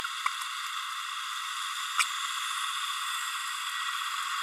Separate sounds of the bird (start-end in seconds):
1.98-2.04